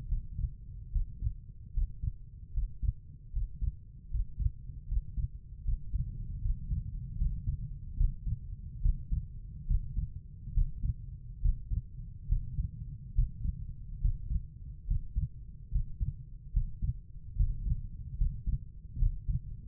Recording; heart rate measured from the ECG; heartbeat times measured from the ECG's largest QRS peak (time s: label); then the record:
heart sounds by stethoscope; 73 bpm
0.08 s: heartbeat
0.92 s: heartbeat
1.73 s: heartbeat
2.53 s: heartbeat
3.32 s: heartbeat
4.10 s: heartbeat
4.88 s: heartbeat
5.64 s: heartbeat
6.41 s: heartbeat
7.18 s: heartbeat
7.97 s: heartbeat
8.82 s: heartbeat
9.67 s: heartbeat
10.54 s: heartbeat
11.42 s: heartbeat
12.29 s: heartbeat
13.15 s: heartbeat
14.01 s: heartbeat
14.87 s: heartbeat
15.72 s: heartbeat
16.53 s: heartbeat
17.37 s: heartbeat
18.18 s: heartbeat
18.99 s: heartbeat
From the record:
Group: healthy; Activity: Valsalva maneuver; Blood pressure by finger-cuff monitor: 112/74 mmHg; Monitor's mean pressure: 82 mmHg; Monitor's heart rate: 72 bpm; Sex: female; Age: 22 years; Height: 163 cm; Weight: 67.1 kg